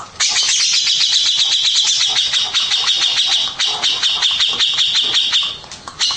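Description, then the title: Mixed birdsong, a dense stream of rapid high chirps and trills running almost without pause, with a brief dip near the end before the chirping resumes. "Burung Campur2"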